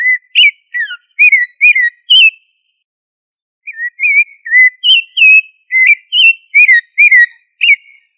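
Thrush song of bright, slurred whistles in two bursts separated by a silent gap of over a second, notes rising and dipping in quick succession.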